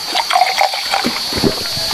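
Water is poured steadily into a glass for about two seconds, a bubbly, gurgling trickle with a few higher glugging tones early on, then a fuller splashing rush. No voices are heard.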